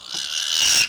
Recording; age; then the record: pig call; piglet (1 to 25 days)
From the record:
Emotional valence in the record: negative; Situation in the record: castration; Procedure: castration, cut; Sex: male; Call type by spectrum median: high-frequency call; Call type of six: high-frequency modulated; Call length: 0.89 s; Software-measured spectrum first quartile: 3009 Hz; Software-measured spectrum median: 4503 Hz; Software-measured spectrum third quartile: 5963 Hz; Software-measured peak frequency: 2903 Hz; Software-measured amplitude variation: 127 dB a second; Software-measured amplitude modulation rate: 35.4 a second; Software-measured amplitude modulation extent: 3.6 dB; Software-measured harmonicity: 1.0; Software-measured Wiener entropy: -1.65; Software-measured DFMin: 871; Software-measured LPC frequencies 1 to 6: 1556, 2810, 3889, 5582, 6498, 8223 Hz